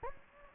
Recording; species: mosquito wingbeat signal from an infrared sensor; Anopheles gambiae